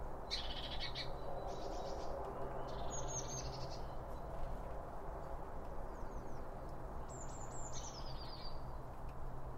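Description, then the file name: Bird calls: bursts of high chirps and short descending notes, scattered irregularly over a steady low rumble. Several birds around a bird feeder, recorded with two Line Audio OM1 microphones. "Birds Around Birdfeeding With Two Om 1 From Line Audio"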